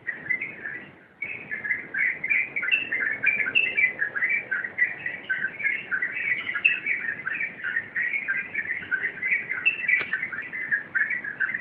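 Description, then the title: Yellow-vented bulbul: busy, babbling chirps and warbles pour out continuously, fairly even in loudness throughout. Wild bird. "Master Burung Jos. trucukan liar"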